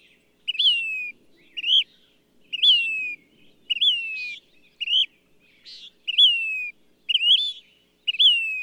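Bird song of repeated clear whistles, each swooping up then drifting down, separated by brief buzzy, raspy notes about once a second.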